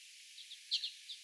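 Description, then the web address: Common redpoll calls: a few short, high chirping notes, two soft then a louder doubled chirp and one more, over a steady hiss. Several redpolls calling along a bird tower path on 12 September 2024. "paivat 12 9 2024 urpiaisten aanta lintutornipolun varrella"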